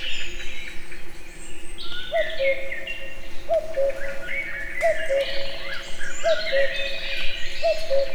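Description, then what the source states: Common cuckoo giving its two-note cu-coo, a higher note dropping to a lower one, repeated about every one and a half seconds, over a busy chorus of songbirds. Recorded in nature; cuckoo heard both far and near.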